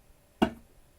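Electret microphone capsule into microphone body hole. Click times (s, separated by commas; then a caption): 0.4 s. An electret microphone capsule is pushed into its hole in a 3D-printed microphone body using the barrel of a socket, and it press-fits with a single sharp click at 0.4 s. The short, bright snap with a brief ringing tail confirms the capsule is seated in the housing.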